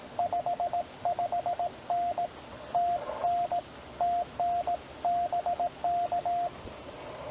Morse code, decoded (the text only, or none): 55N TN TN BK